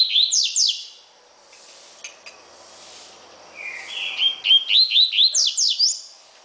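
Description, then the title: Double-collared seedeater song with high sweeping notes, a pause, then a repeated run of rising whistles building into loud downslurred slurs, over a steady high hiss. "Canto Coleiro"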